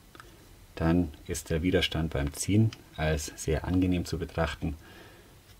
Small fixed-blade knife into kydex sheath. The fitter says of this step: fit. the knife clicks into place very cleanly.